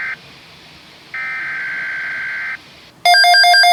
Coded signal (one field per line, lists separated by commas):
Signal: Emergency Alert System (SAME) tones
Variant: header bursts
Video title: Environment Canada SVA (EAS #15)